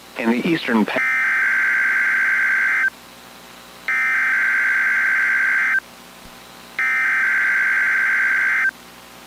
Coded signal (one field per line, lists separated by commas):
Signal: Emergency Alert System (SAME) tones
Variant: header bursts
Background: speech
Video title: The First FREEZE of the Season | 4/2-8/2026 (EAS #1,898-1,903)